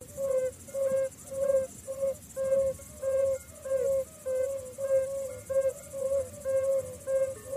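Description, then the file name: Yellow-bellied toad calling: a long series of mellow hooting notes at one pitch, a little under two per second, over light background hiss. "Bombina variegata"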